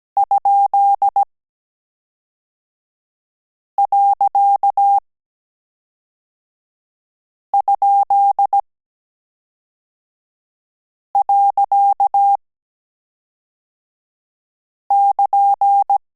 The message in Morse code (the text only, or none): ?.?.<KN>